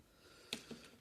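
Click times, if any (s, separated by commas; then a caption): 0.5 s. Two plastic sections of a transforming action figure are lined up and pushed together during its transformation. A sharp click sounds at 0.5 s as the parts seat, followed by a softer tap around 0.7 s. The parts click together into place.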